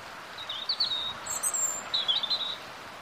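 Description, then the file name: European robin song: two high, thin, warbling phrases with a short gap between them, with quieter, higher twitters in the gap, over faint background noise. "Erithacus rubecula"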